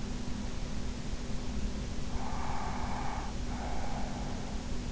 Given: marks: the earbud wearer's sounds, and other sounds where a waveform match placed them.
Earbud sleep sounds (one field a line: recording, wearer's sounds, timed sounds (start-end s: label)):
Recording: sounds in sleep by an in-ear microphone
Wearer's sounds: breath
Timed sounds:
2.10-4.56 s: breath